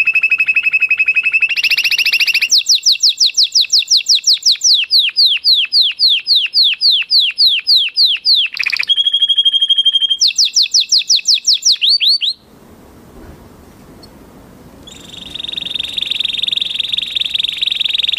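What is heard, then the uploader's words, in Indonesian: An orange canary sings a long, loud song of bright, rapid trills, repeated notes sweeping downward in quick regular runs from about 2.5 to 12 seconds. The song breaks off suddenly, leaving a quiet low rumble, then a steady high whistling tone returns near the end. Kenari Oranye.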